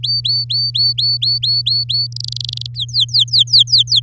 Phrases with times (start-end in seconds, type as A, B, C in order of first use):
0.03-2.07 A, 2.12-2.67 B, 2.74-4.00 C